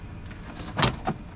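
The plastic retaining clips of a window regulator are pushed by hand into the inner door panel of a 2005 Avalanche GMT-800 truck while the regulator is held in place with a knee and hands. Under a low, steady background hum, a sharp snap is heard at 0.8 s, followed by a softer knock around 1.1 s. The clips lock and the regulator is seated.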